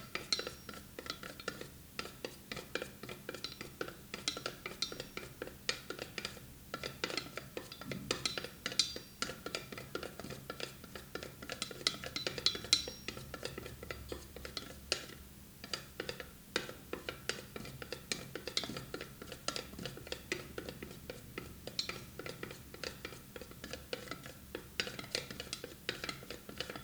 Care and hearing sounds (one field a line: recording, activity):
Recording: daily activity, guitar pickup as the sensor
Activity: fry